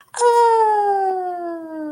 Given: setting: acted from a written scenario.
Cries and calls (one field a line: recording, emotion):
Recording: vocal sound without words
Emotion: positive surprise